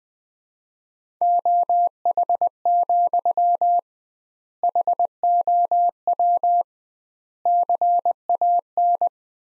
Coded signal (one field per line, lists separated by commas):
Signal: Morse code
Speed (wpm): 20 wpm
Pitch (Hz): 700 Hz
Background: none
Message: OH, HOW CAN